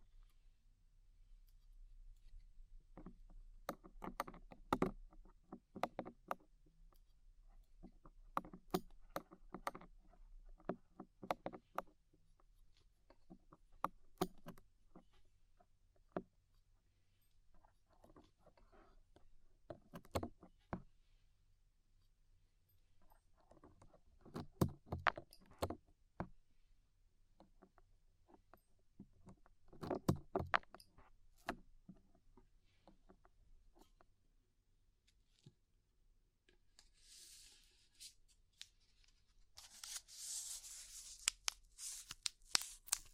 Tingly Ear Cleaning Rhinestone & Clay Removal